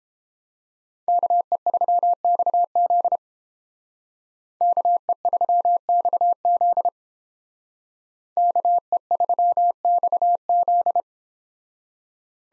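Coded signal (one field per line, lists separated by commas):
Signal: Morse code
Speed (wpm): 30 wpm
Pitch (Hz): 700 Hz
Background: none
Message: KE3XZ KE3XZ KE3XZ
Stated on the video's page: Morse practice of USA 2x2 call signs in speed-racing format, starting at 1.5 times base speed, slowing to 22 wpm; final repeat sent once at maximum speed.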